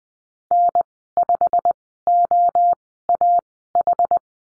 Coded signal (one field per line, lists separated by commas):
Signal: Morse code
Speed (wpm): 20 wpm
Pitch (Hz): 700 Hz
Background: none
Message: N5OAH